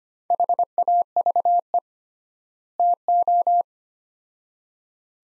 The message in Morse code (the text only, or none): HAVE TO